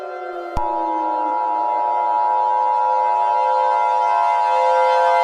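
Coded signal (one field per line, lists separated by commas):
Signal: Emergency Alert System (SAME) tones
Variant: 853 and 960 Hz attention tone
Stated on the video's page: Fictional EAS scenario, remastered.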